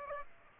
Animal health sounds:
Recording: mosquito wingbeat signal from an infrared sensor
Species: Aedes aegypti

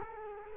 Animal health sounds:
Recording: mosquito wingbeat signal from an infrared sensor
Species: Culex quinquefasciatus

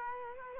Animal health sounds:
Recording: mosquito wingbeat signal from an infrared sensor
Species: Culex quinquefasciatus

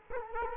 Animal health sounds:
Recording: mosquito wingbeat signal from an infrared sensor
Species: Culex quinquefasciatus

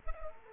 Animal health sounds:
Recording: mosquito wingbeat signal from an infrared sensor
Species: Culex quinquefasciatus

